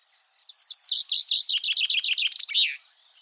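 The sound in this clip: Common chaffinch song: a quick series of repeated chirping notes falling slightly in pitch, closing with a rising-falling flourish.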